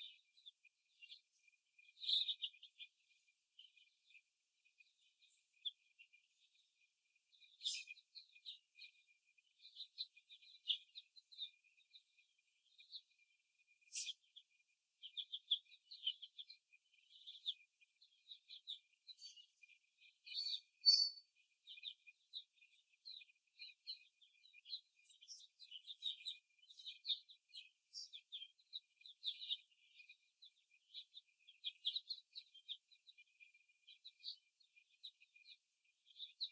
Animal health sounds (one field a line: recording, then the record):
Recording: young laying hens in a cage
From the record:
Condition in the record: before the stressor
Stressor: simulated dog barking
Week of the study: 1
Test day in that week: 2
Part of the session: 2